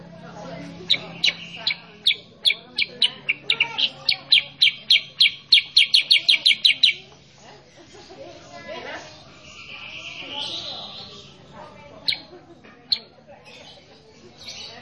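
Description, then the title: Sooty-headed bulbul song: quick run of sharp, bright chirps repeated rapidly for about six seconds, followed by a softer warbled passage and a few isolated notes. Tutor song for training caged birds to respond quickly and sing vigorously (gacor). "Masteran Kutilang Sutra. MASTERAN BURUNG KUTILANG SUTRA BIKIN KUTILANG SUTRA BAHAN LANGSUNG RESPON BUNYI GACOR"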